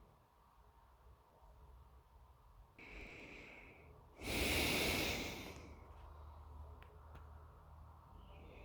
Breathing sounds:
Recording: nose breathing near a microphone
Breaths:
2.59-4.06 s: inhalation
4.06-5.82 s: exhalation
8.07-8.65 s: inhalation
From the record:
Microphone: phone

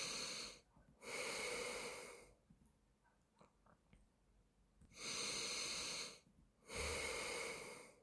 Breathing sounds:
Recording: nose breathing near a microphone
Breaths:
0.00-0.63 s: inhalation
0.63-2.38 s: exhalation
4.68-6.18 s: inhalation
6.18-8.03 s: exhalation
From the record:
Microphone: phone

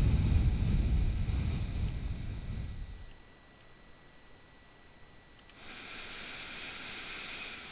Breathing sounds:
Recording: nose breathing near a microphone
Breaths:
0.00-3.03 s: exhalation
5.42-7.72 s: inhalation
From the record:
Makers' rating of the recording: bad

